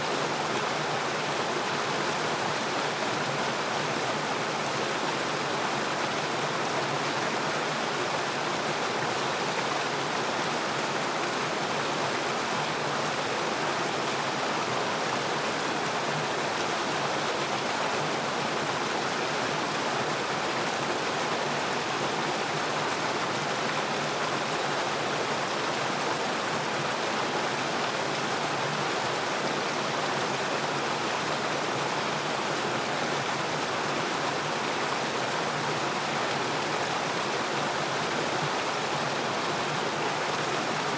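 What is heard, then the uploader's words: A stream runs steadily, its water rushing in a dense, unbroken hiss that spreads from the low range up into bright, airy highs. The flow stays even throughout, with no distinct splashes, pauses or other sounds standing out. Gentle Stream Sounds.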